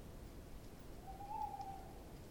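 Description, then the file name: Owl call, one level, mid-pitched whistled tone lasting about a second amid soft low background noise. "Eule"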